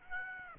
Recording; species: mosquito wingbeat signal from an infrared sensor; Aedes aegypti